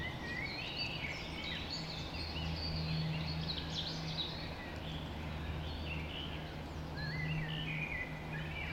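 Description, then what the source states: Birds in a birds: overlapping whistled and chirping phrases from several singers, with a steady low hum running beneath throughout. Birds recorded just after dawn in the Forest of Dean.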